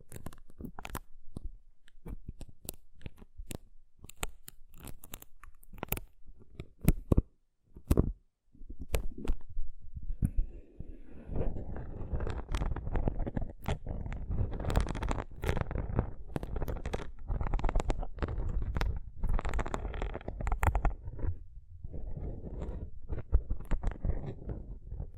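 Rough brain cleaning and picking: wet squelching, crunching and tearing sounds with frequent sharp clicks, sparse early, then dense and continuous after ten seconds.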